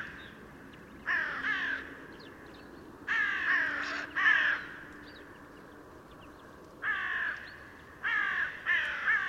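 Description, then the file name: Carrion crow cawing, harsh downslurred caws in short bursts of two or three, with pauses of a few seconds between groups and faint background hum. "Corvus corone"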